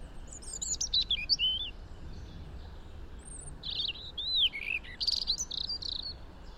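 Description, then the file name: European robin song of high, thin whistles and sliding slurred notes in two separate bursts with a pause between, over faint low background noise. "Erithacus rubecula"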